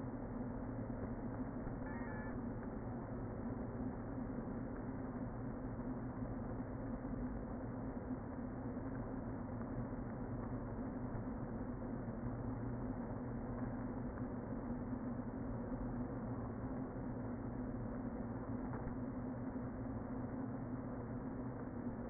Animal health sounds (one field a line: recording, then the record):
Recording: honeybee colony, microphone inside the hive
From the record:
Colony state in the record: queen present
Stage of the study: before two queens were removed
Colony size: about 60,000 bees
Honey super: yes